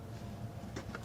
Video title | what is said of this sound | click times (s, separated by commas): How to Fix a Vacuum Leak on a 2018 Chevy Sonic – Replace the Plastic Cam Cover! | this side you pull on until you hear something snap check | 1.0 s